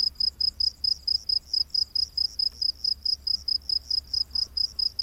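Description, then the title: Cricket giving loud, high-pitched chirps in an even series, against a quiet background. Rainforest at night. "Crickets of the Rainforest"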